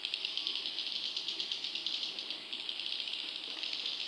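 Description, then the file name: Swiftlet twittering calls, a dense, rapid stream of high buzzy chirps pulsing several times a second without pause. "suara burung walet"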